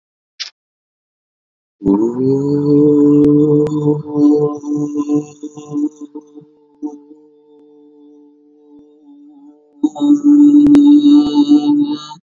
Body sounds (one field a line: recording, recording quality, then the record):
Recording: sustained vowel as in boot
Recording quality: excellent, no background noise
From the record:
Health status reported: COVID-19 positive, mild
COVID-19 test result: positive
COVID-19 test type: RT-PCR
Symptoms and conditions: cough, cold, sore throat, fatigue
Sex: male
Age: 26 years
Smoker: no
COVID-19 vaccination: both doses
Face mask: not worn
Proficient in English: yes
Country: India